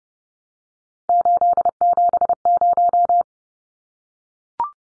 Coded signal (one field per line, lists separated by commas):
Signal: Morse code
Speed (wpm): 30 wpm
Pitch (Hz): 700 Hz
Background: none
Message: 870